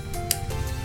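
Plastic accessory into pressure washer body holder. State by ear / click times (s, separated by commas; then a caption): seated / 0.3 s. A plastic accessory is inserted into its holder on the body of a Kawasaki HBP-302 high pressure washer, with a soft rise at 0.1 s followed by a sharp click at 0.3 s over steady background music. The part seats in its slot.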